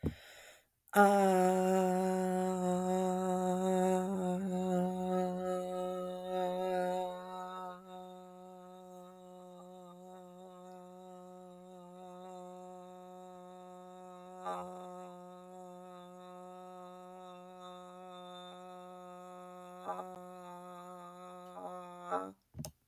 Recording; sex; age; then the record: vowel held as long as possible; female; 30 to 39 years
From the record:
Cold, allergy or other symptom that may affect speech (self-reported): no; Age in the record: 34 years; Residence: Ohio, United States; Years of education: 20